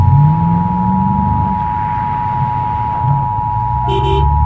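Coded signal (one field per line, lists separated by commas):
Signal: Emergency Alert System (SAME) tones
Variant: 853 and 960 Hz attention tone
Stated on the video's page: Fictional EAS scenario and ambience recreation imagining a nuclear war; simulated, not a real alert.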